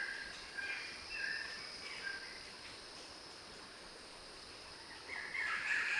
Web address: sound Kagu. صدای-پرنده-کاگو